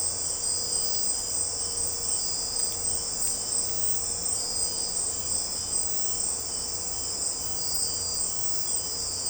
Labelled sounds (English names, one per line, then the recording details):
none
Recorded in secondary vegetation near Puerto Asís, Putumayo, Colombia, on 16 December 2024 at 01:30
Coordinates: 0.502, -76.326
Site G028